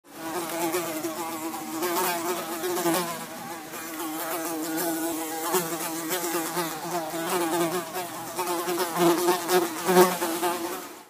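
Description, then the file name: Fly buzzing continuously for about eleven seconds, a low droning hum with wavering pitch and brief louder surges. "muha"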